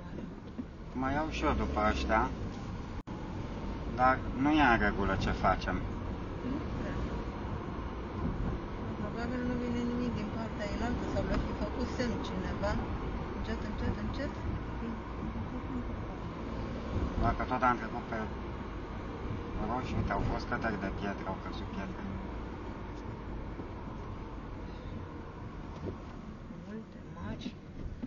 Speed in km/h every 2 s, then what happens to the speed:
22, 31, 36, 40, 40, 43, 42, 37, 40, 39, 38, 33, 28, 18.
0-11 speeds up to 43. 11-14 slows to 37. 14-20 steady at about 38. 20-28 slows to 18.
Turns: none.